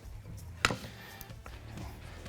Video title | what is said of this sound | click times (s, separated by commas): Easy Air-up with 4XE Air Chuck Conversion Kit. | then we're going to grab our compressor switch that came with your compressor and then just snap that in place | 0.7 s